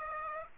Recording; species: mosquito wingbeat signal from an infrared sensor; Aedes aegypti